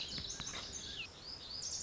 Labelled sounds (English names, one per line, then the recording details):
Lazuli Bunting
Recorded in Sonoma County, California